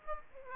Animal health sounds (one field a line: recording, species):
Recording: mosquito wingbeat signal from an infrared sensor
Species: Aedes aegypti